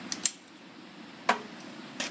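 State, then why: Seated. A hose's quick-disconnect coupling is pushed back onto the spray gun of a Kocu pressure washer and snaps into place with a sharp click at 0.3 s, after a lighter tick at 0.1 s. Two more sharp clicks follow at 1.3 s and 2.0 s. The coupling is seated.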